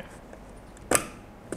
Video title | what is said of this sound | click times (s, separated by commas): Step-by-Step Guide to Installing an RS-232/422/485 to Fiber Converter | and we already hear the click sound | 0.9 s